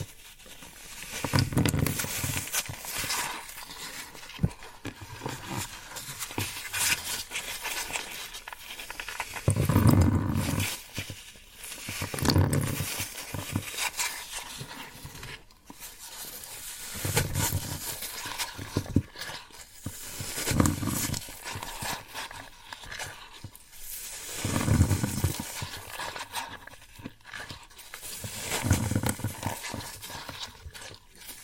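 Floral foam is crushed and squeezed in repeated bursts, each a dense, crunchy, crackling sound lasting a second or two. Heavier presses with a low thud land roughly every three to four seconds, near 10, 17, 21, 25 and 29 seconds, with quieter rustling between them.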